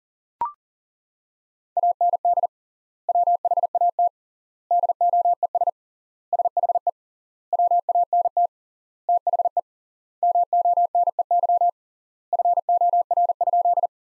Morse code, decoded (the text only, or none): AND WHAT DOES SHE WANT THE MONEY FOR?